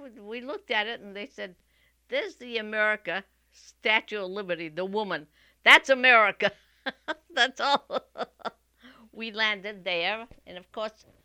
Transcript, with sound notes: We looked at it, and they said, "There's the America, Statue of Liberty, the woman. That's America." ( she laughs ) That's all. We landed there and, of course,